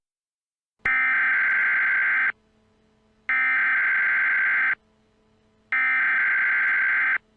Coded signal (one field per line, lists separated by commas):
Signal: Emergency Alert System (SAME) tones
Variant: header bursts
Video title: EAS Scenario - The Glitch